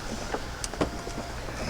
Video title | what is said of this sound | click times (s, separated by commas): I got Scammed buying parts on ebay | let's do that now and that just clicks into place there | 0.6 s